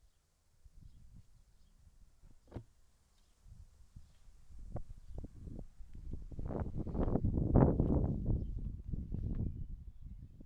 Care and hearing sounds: everyday scene through a hearing-aid microphone; wind on the microphone; wind, other noises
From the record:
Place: in front of a rural house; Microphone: behind the ear, right, front

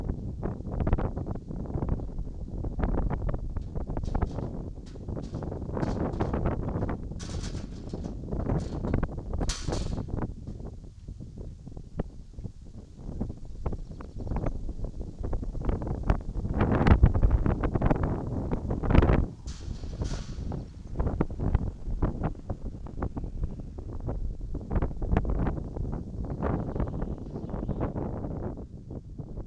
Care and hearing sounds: everyday scene through a hearing-aid microphone; wind on the microphone; wind, other noises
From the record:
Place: in front of a rural house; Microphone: in the ear canal, right

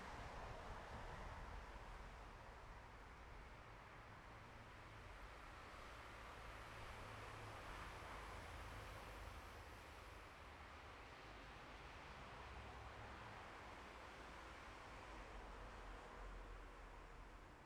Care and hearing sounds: everyday scene through a hearing-aid microphone; in traffic; traffic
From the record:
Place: bus stop on a city main road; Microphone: behind the ear, left, front

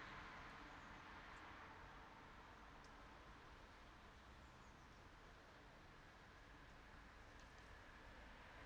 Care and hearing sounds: everyday scene through a hearing-aid microphone; in traffic; traffic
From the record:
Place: city secondary road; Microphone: in the ear canal, right

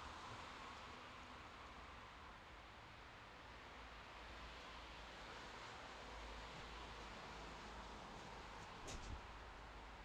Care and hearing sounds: everyday scene through a hearing-aid microphone; in traffic; traffic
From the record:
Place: bus stop on a city main road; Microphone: in the ear canal, left

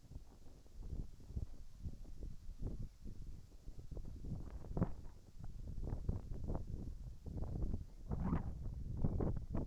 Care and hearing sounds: everyday scene through a hearing-aid microphone; wind on the microphone; wind, whistling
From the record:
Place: in front of a rural house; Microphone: behind the ear, right, front

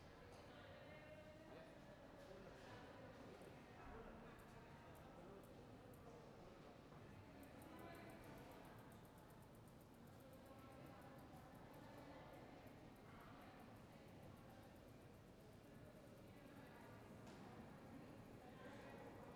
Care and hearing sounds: everyday scene through a hearing-aid microphone; reverberant space; background noise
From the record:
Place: railway station hall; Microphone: behind the ear, right, rear

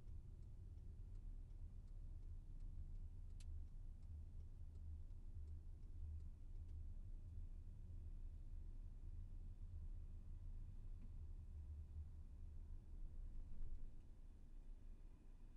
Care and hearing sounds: everyday scene through a hearing-aid microphone; in a vehicle; engine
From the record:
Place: VW T5 Caravelle, diesel engine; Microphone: behind the ear, left, front

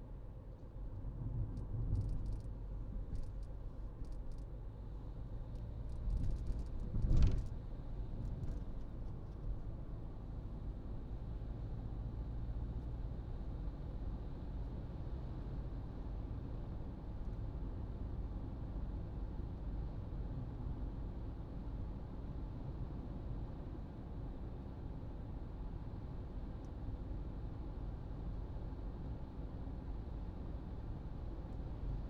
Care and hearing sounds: everyday scene through a hearing-aid microphone; in a vehicle; engine, highway driving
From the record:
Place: Berlingo II, diesel engine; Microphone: in the ear canal, right

